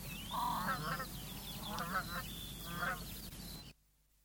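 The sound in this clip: Southern crested grebe uttering three grating, braying bursts spaced about a second apart, softer twitters above, then abrupt quiet near the end.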